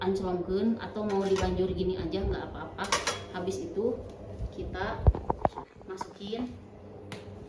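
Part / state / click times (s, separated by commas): inner cannula into tracheostomy outer tube / seated / 7.1 s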